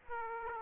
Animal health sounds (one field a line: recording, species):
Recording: mosquito wingbeat signal from an infrared sensor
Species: Aedes aegypti